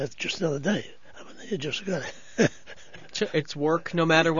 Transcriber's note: he laughs